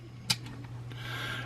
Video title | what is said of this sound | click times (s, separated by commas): Hasbro/Haslab: Ghostbusters: Plasma Series: Two in the Box: P.K.E. Meter and Ghost Trap | and and that will lock into place like such do the same with the second one | 0.3 s